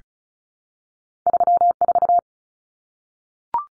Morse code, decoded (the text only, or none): 34